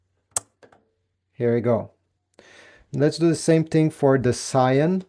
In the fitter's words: And then once it's in this position, you're going to press on it until it clicks down.